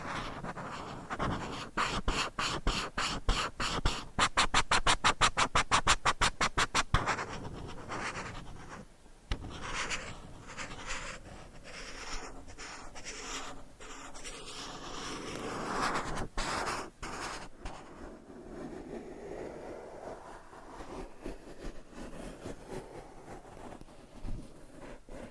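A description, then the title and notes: Tapping and scratching on a surface. For the first seven seconds, quick, regular taps come in a fast steady run. After that, softer, uneven scratching and rustling takes over, broken by a few sharper isolated taps. ASMR Changing Triggers Every 30 Seconds Scratching , Tapping , Massage & More No Talking.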